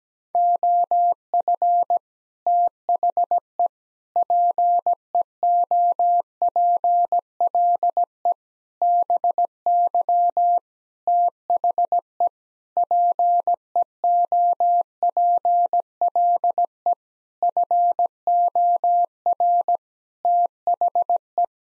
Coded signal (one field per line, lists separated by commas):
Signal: Morse code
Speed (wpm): 17 wpm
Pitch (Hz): 700 Hz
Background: none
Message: OF THE PEOPLE BY THE PEOPLE FOR THE